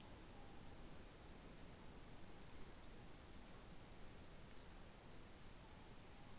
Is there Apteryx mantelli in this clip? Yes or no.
no